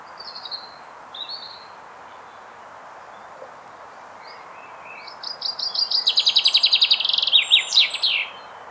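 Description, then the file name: Common chaffinch singing one tumbling trill that drops in pitch and closes with a flourish, after a few faint chirps. "Fringilla coelebs"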